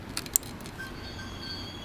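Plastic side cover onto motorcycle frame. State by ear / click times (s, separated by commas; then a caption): seated / 0.4 s. A plastic side cover is pushed back onto a motorcycle frame after the O2 sensor connectors are plugged in. A couple of smaller ticks come first, then a sharp snap at 0.4 s as the cover seats into place, followed by a low steady background hum.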